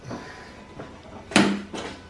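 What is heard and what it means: A HELIX smoked side marker lamp is pushed back into its opening in the fender of a BRZ/FRS/GT86 until its retaining clip engages. After a few faint knocks and rustles, a sharp loud snap at 1.4 s marks the clip seating, followed by a softer knock. The lamp is seated.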